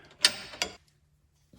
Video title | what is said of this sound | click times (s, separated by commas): Avoid Disaster Jeep Death Wobble: Dual Stabilizer Installation Guide and Alignment | give it a nice little click click | 0.2 s, 0.6 s